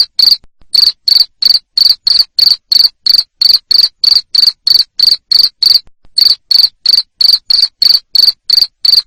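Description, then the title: Cricket chirping loudly, short high-pitched pulses repeated about three times a second in a steady run, with a couple of brief pauses. Loud cricket chirping used to make lovebirds sing continuously. "Suara JANGKRIK NGERIK Keras Bikin LOVEBIRD Jadi NGEKEK Terus"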